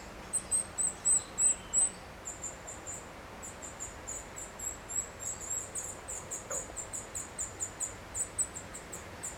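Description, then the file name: Eurasian nuthatch uttering a long train of high, sharp call notes, at first slower and louder, then quicker and softer, with quiet background noise. "Sitta europaea"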